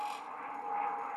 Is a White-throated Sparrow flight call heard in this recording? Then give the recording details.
no. No flight call is heard. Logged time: 03:05 on 5 December 2014